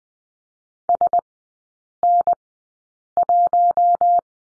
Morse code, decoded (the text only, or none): SN1